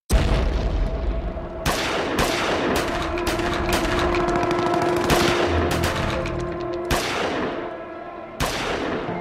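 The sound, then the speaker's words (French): On the night of 10 to 11 January 1975, a loud explosion opens a gendarmes' assault into sustained gunfire, with sharp shots and rapid bursts cracking over a dense rumbling din, several heavy blasts punctuating the volley throughout. “Dans la nuit du 10 au 11 janvier 1975, une explosion se fait entendre, des coups retentissent, l'assaut est donné.”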